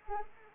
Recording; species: mosquito wingbeat signal from an infrared sensor; Anopheles arabiensis